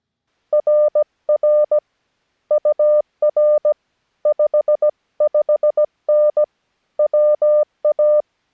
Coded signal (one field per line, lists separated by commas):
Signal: Morse code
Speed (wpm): 17 wpm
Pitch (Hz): 600 Hz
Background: none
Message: RR UR 55N WA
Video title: CW Zero 2 On Air - Get On Air